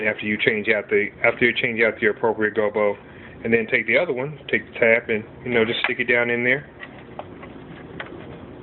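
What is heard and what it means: A replacement metal gobo is held by its tab and pushed down toward its slot in the gobo wheel of a Chauvet Intimidator Spot 250 or Intimidator Spot 350 moving-head fixture while someone talks. After the talking stops, a few faint handling ticks are heard near the end. Nothing has seated or clicked yet.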